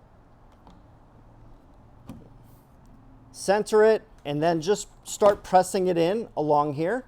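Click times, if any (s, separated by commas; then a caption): none. A plastic service panel holding emergency tools is inserted into a body opening on a Fisker Ocean One and centered before being pressed in along its edge. Faint, short taps come at about 0.7 s and 2.1 s, then someone talks from about 3.5 s. Nothing has seated or clicked into place yet.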